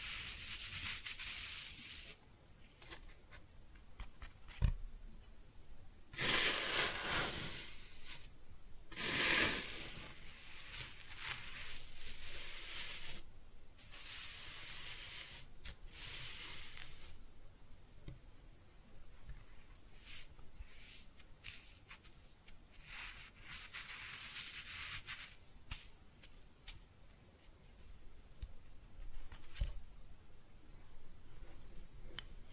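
Kinetic sand is cut and scooped in a string of soft, grainy rasps and hisses, some brief and others stretching a second or two. The strokes are bright and irregular, densest between five and seventeen seconds, with a sharp tap near five seconds and another near thirty.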